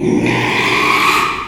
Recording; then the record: squeal of a Yucatan mini pig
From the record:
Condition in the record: after surgery on the right vocal fold (resection and tissue-engineered implant); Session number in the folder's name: 1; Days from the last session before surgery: 6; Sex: male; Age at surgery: 12 weeks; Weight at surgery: 13 kg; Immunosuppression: cyclosporine, prednisolone